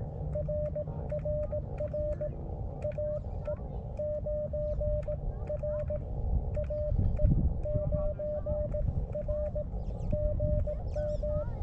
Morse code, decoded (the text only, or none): RRR AE9R AE9R GM